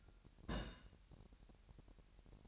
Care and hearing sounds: daily activity, microphone in the room; place on stove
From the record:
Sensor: 2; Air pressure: 1011.9 hPa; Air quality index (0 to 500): 200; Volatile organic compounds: 3 ppm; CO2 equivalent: 1417 ppm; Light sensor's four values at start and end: 63/151/62/60 and 63/151/62/60

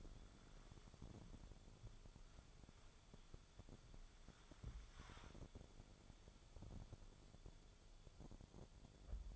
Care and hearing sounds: daily activity, microphone in the room; wipe stove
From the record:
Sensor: 5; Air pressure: 1015.2 hPa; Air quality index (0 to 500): 145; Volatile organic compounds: 4 ppm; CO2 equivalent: 1565 ppm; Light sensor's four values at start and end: 35/82/33/35 and 36/84/34/36

